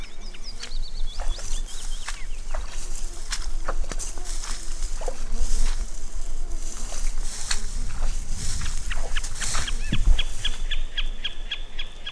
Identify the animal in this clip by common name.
Common Snipe